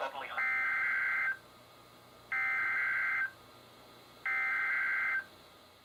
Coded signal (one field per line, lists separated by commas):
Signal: Emergency Alert System (SAME) tones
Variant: header bursts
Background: speech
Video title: EAS #1204-1208: Marine Warnings and Tests | KHB36